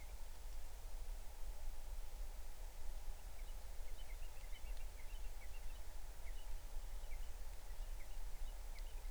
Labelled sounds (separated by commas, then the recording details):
bird
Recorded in the Arctic National Wildlife Refuge, Alaska, on 20 July 2019 at 03:23
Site 38